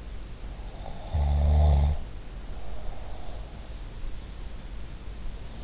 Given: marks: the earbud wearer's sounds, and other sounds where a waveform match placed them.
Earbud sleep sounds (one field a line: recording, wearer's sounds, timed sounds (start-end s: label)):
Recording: sounds in sleep by an in-ear microphone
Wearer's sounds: snoring breath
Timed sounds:
0.78-3.61 s: snoring breath